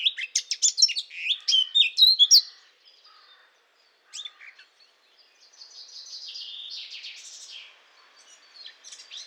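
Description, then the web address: Blackcap warbling song opening with loud, quick varied notes, then a pause, one short note and a softer drawn-out scratchy trill. "SETE data Sylvia atricapilla"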